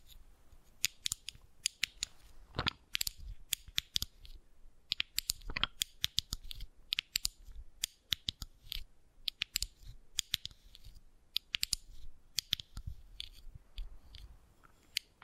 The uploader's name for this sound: Wooden Ball Triggers